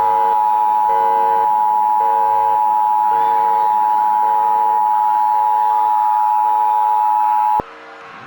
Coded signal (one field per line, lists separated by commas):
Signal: Emergency Alert System (SAME) tones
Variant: 853 and 960 Hz attention tone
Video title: EAS Scenario - Diablo Canyon